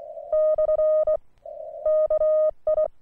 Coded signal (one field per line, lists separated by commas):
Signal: Morse code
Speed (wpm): 22 wpm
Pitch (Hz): 620 Hz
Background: none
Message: / KI